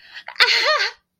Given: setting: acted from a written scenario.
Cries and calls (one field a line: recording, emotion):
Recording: vocal sound without words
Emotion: positive surprise